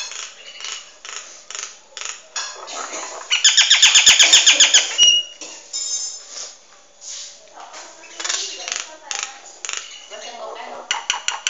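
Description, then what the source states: Nias hill myna giving a busy, low-level stream of chatter, then a louder burst of fast clicks and bright whistled notes midway before the soft babbling resumes. Noisy bird chattering continuously.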